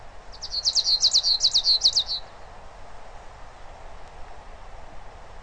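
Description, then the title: Bird trill: a two-second burst of rapid high clipped notes, then quiet with low steady background noise. "LuckyPassaro Completos2Sama"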